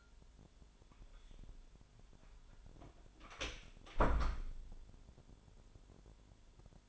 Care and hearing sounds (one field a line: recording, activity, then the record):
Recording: daily activity, microphone in the room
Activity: close door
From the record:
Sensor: 5